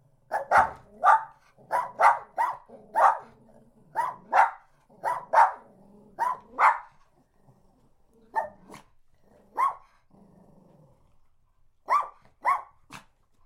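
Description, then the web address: Dogs bark in a quick run of many barks for about seven seconds, then more sparsely, with low growly sounds in the gaps. Small dogs barking and growling. "chienspetitsaboiementsgrognements"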